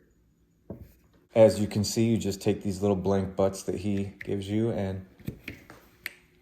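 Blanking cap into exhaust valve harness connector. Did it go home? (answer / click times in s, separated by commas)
yes / 6.1 s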